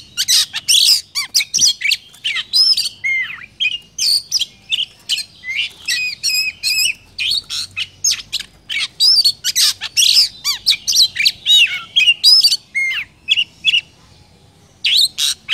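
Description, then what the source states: Oriental magpie-robin song, a rapid run of varied whistled notes, slurred rising and falling phrases mixed with harsh buzzy bursts, nearly continuous with a brief pause near the end. Lure recording of kacer song used for trapping birds.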